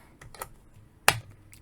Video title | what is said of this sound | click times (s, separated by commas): Masters of the Universe Origins Prince Adam and Sky Sled Review and Unboxing | snaps into place | 1.1 s